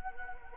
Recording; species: mosquito wingbeat signal from an infrared sensor; Anopheles gambiae